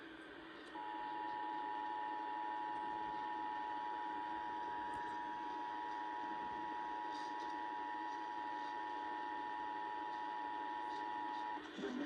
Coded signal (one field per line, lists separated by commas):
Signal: Emergency Alert System (SAME) tones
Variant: 853 and 960 Hz attention tone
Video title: NWS Salt Lake City Severe Thunderstorm Warning (9/15/22) (EAS #483) (Monsoon EAS #???)